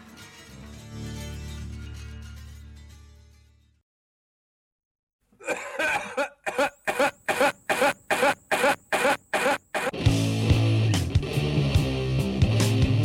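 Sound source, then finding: Adult man, looped in a rock song intro. Cough.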